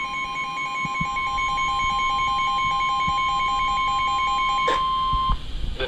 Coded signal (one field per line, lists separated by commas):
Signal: Emergency Alert System (SAME) tones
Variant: 1050 Hz attention tone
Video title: Mother Nature's TROLLING Me! | EAS #583-591 (Severe Weather Alerts from 5/17/2024)